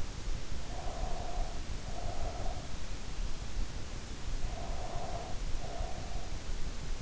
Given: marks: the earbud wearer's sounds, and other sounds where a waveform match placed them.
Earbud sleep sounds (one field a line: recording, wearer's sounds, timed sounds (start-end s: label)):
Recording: sounds in sleep by an in-ear microphone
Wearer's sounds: breath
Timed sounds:
0.54-2.77 s: breath
4.29-6.36 s: breath